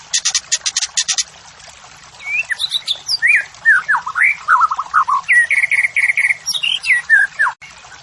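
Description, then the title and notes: White-rumped shama singing: a quick run of high ticking notes, then a flowing sequence of slurred whistles, ending on a few level notes and falling whistled slurs. White-rumped shama morning song used as training and lure audio for captive songbirds, birds singing actively. "Pancingan Murai Batu Pagi Hari. Murai Batu Gacor"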